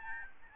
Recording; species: mosquito wingbeat signal from an infrared sensor; Aedes albopictus